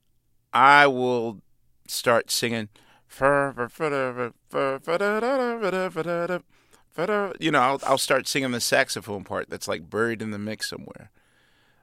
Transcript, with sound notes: I will start singing - (humming). You know, I'll start singing the saxophone part that's like buried in the mix somewhere.